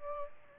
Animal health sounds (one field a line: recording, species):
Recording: mosquito wingbeat signal from an infrared sensor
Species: Aedes aegypti